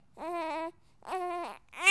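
Two sustained, high-pitched wails of about half a second each, with a third starting at the end and short quiet gaps between them. A typical crying baby.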